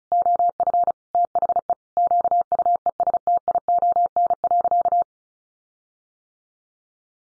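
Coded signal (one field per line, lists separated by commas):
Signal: Morse code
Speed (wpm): 34 wpm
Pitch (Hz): 700 Hz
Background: none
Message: OF THE QUESTION.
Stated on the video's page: Head-copy practice at 35 wpm: sentences from the top 1500 words, sent in Morse, then spoken, then sent again in Morse.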